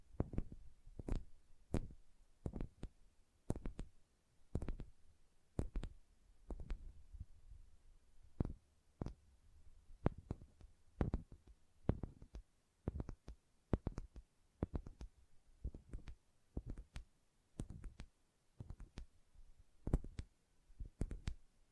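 Fingernails tap in quick, sharp clicks, often in pairs, repeating steadily over a soft low rubbing noise throughout.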